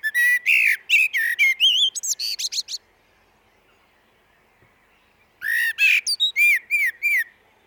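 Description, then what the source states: Common blackbird song: two phrases of quick warbled notes mixed with high squeaky twitters, split by a silent gap of about two and a half seconds. Recorded in a glen.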